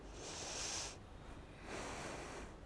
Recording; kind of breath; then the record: one breath in and out by a microphone near the nose and mouth; deep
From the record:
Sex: female